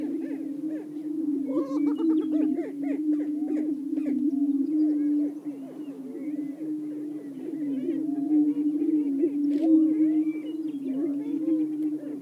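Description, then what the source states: Greater prairie-chickens: humming low booms under a busy stream of short cackles and whoops, a few harsher notes early on. Several greater prairie-chickens.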